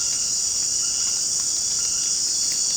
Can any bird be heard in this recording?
no